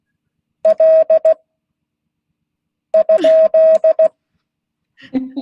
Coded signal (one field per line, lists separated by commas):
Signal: Morse code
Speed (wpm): 16 wpm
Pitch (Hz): 630 Hz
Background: none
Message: L ?